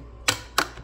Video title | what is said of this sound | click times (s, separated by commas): Von Water Filter System In Depth Review | and then just give it a little good push and you'll hear it click | 0.3 s, 0.6 s